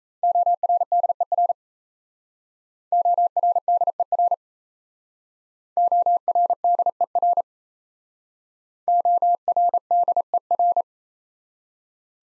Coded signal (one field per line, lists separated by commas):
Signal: Morse code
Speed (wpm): 37 wpm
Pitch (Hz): 700 Hz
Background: none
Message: ORDER ORDER ORDER ORDER